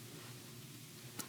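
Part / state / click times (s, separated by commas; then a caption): cable terminals into DC-DC charger connector / not seated / none. Matching cable terminals on the cable that runs to a power station are handled and pushed toward the connector of a DC-DC charger being installed on a Tacoma truck camper. Faint short handling ticks sit over a steady low hum, with one brief brighter tick near 1.2 s. Nothing has seated or clicked into place yet.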